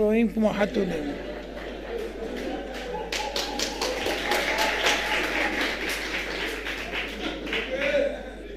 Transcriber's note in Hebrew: צחוק בקהל; מחיאות כפיים